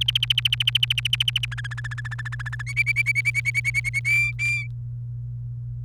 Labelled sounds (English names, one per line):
Domestic Canary song